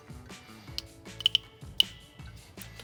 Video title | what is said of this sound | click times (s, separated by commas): How to Troubleshoot a Delta® Touch2O® Kitchen Faucet | carefully threading it on and then listing for a few clicks it locks into place | 0.8 s, 1.3 s, 1.8 s